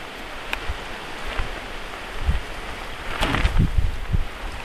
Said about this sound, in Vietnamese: Hôm nay gió dữ hả?